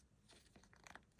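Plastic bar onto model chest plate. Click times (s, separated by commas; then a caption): 0.9 s, 1.0 s. A plastic bar is pressed down onto the side of a model chest plate, over three lugs, and snaps into place. After some faint crinkly handling noise, sharp clicks are heard at about 0.9 and 1.0 seconds as the bar seats.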